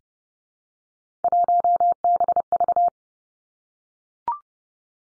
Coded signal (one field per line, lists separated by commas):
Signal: Morse code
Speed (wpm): 30 wpm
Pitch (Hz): 700 Hz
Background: none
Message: 1BV